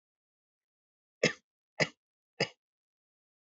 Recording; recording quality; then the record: shallow voluntary cough; excellent, no background noise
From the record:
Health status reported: COVID-19 positive, mild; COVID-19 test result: positive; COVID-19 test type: RT-PCR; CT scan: not taken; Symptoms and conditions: cough, cold, fever, fatigue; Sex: male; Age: 26 years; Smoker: no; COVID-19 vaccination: both doses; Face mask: not worn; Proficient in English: yes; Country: India